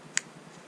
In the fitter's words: if you ever need a new battery you can replace the battery you saw me install that yesterday is real simple just pop that out